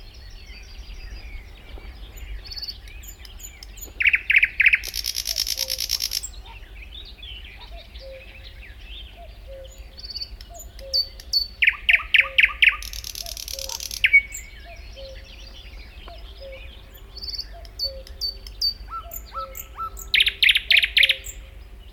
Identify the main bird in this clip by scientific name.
Luscinia luscinia